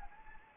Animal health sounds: mosquito wingbeat signal from an infrared sensor; Anopheles gambiae

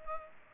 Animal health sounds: mosquito wingbeat signal from an infrared sensor; Culex pipiens

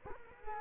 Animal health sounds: mosquito wingbeat signal from an infrared sensor; Culex quinquefasciatus

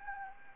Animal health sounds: mosquito wingbeat signal from an infrared sensor; Anopheles gambiae

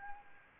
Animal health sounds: mosquito wingbeat signal from an infrared sensor; Anopheles arabiensis

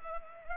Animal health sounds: mosquito wingbeat signal from an infrared sensor; Culex pipiens

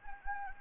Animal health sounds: mosquito wingbeat signal from an infrared sensor; Anopheles gambiae

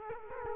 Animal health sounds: mosquito wingbeat signal from an infrared sensor; Culex quinquefasciatus

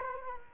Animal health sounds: mosquito wingbeat signal from an infrared sensor; Culex quinquefasciatus

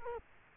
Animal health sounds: mosquito wingbeat signal from an infrared sensor; Culex quinquefasciatus

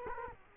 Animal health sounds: mosquito wingbeat signal from an infrared sensor; Culex quinquefasciatus

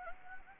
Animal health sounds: mosquito wingbeat signal from an infrared sensor; Anopheles gambiae

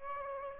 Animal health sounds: mosquito wingbeat signal from an infrared sensor; Aedes aegypti

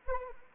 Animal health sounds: mosquito wingbeat signal from an infrared sensor; Anopheles arabiensis

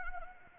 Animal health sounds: mosquito wingbeat signal from an infrared sensor; Anopheles arabiensis

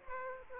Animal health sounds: mosquito wingbeat signal from an infrared sensor; Aedes aegypti

